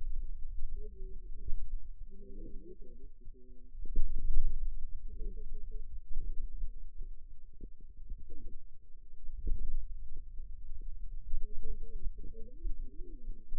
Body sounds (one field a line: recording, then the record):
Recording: forearm muscle sounds (acoustic myography)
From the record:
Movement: pen grasping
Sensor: system 2, bracelet of six BSWA MPA416 microphones around the upper forearm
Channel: 1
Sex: female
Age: 21 years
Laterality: right